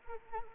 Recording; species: mosquito wingbeat signal from an infrared sensor; Anopheles arabiensis